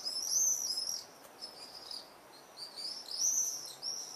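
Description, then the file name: Common swift screams, thin piercing high trills repeated in quick succession, several birds calling over each other. "Mauersegler"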